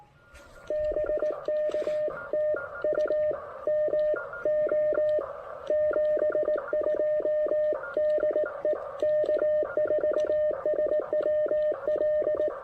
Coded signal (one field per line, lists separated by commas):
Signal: Morse code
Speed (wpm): 18 wpm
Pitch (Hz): 600 Hz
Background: radio noise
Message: BK TU MO 72 DE K4SWL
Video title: QRP P2P DX! Pairing the Elecraft K2 with the AX1 for a little portable antenna POTA!